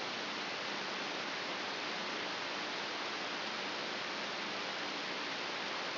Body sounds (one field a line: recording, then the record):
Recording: brain microelectrode recording played as sound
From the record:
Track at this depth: outside the subthalamic nucleus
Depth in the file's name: 6.414 mm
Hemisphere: left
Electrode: 3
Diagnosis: Parkinson's disease